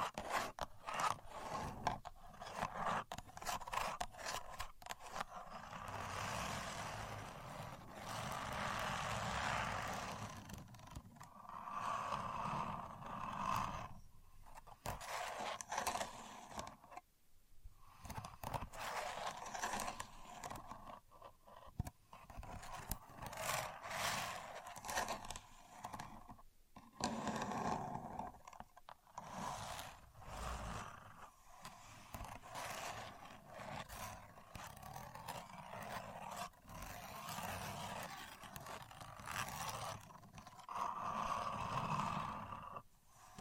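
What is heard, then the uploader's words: A contour gauge being handled, its pins rattling and scraping in dense, continuous bursts. The clattering rasp is bright and busy throughout, with a slightly louder stretch around the eighth second and brief pauses near 17 and 27 seconds. A Contour Gauge. No Talking.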